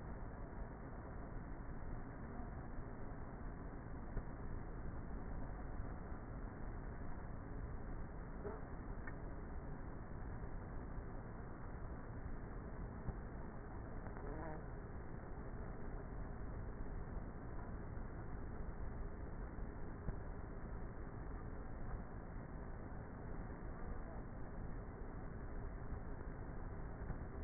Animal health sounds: honeybee colony, microphone inside the hive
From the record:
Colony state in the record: queenless with a low population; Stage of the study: before two queens were removed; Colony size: about 30,000 bees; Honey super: no

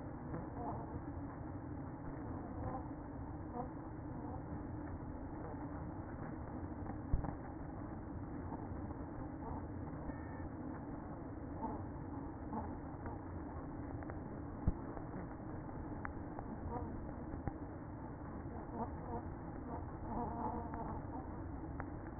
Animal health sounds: honeybee colony, microphone inside the hive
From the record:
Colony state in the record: queen present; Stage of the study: after two queens were removed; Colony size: about 60,000 bees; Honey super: yes

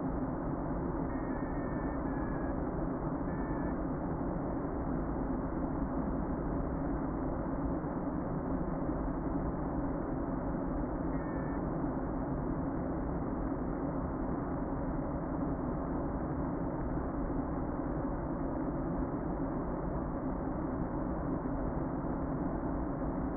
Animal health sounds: honeybee colony, microphone inside the hive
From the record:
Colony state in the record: queen present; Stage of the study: before two queens were removed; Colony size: about 60,000 bees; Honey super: yes

